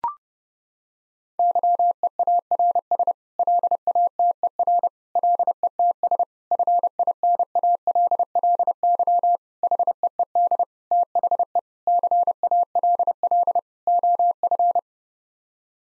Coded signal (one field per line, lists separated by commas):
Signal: Morse code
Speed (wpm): 30 wpm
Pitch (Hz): 700 Hz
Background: none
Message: YEARS LATER LETS FINALLY HEED THE CALL OF